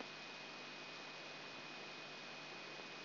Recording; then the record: brain microelectrode recording played as sound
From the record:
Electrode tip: outside the subthalamic nucleus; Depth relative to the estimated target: -4 mm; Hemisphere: left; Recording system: AlphaMap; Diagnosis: Parkinson's disease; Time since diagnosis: 9 years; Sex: male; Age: 58 years